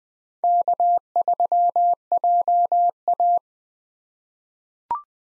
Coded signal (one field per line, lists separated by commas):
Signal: Morse code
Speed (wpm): 20 wpm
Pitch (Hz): 700 Hz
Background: none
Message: K3JA